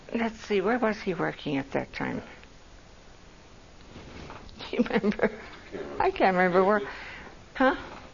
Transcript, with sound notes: Let's see where was he working at that time? Do you remember? (laughs) I can't remember where-- Huh?